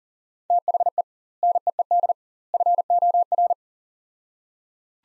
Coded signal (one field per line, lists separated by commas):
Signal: Morse code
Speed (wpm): 40 wpm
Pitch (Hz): 700 Hz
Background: none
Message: THE NEED FOR